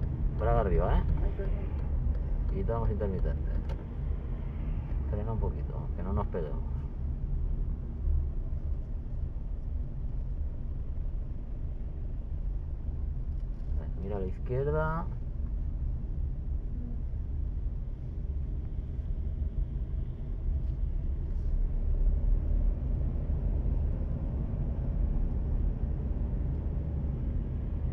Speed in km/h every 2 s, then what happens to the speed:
31, 23, 26, 24, 21, 17, 15, 12, 12, 12, 12, 13, 14, 16.
0-2 brakes to 23. 5-14 slows to 12. 14-24 steady at about 12.